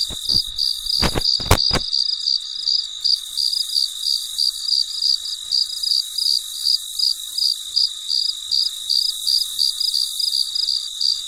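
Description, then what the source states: Cricket chirps repeating roughly three times a second after a few sharp clicks at the start, with a constant high insect buzz behind. Late at night, in deep quiet.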